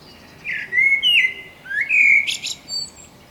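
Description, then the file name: Eurasian blackbird singing a fluty phrase of rich whistled notes, first rising then dipping, ending in a high squeaky twittering flourish. "Turdus merula"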